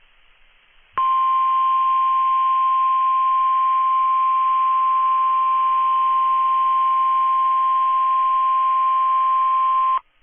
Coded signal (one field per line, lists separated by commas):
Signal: Emergency Alert System (SAME) tones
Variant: 1050 Hz attention tone